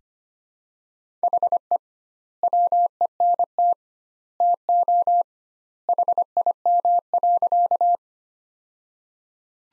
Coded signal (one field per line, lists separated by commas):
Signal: Morse code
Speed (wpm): 25 wpm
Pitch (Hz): 700 Hz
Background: none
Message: HE WENT TO HIM.